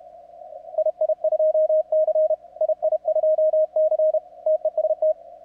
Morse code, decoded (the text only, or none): II2C II2C TEST